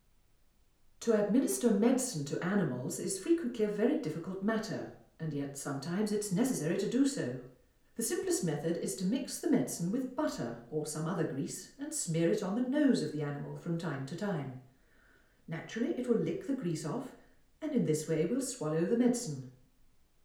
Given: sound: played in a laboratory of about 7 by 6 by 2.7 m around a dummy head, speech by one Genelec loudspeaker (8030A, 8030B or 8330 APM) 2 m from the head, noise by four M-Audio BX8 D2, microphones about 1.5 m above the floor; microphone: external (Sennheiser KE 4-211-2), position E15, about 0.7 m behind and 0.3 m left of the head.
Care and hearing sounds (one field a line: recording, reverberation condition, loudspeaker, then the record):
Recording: female speech in English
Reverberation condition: medium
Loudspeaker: 90 degrees to the right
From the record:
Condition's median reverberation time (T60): about 510 ms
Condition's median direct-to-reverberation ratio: about -0.5 dB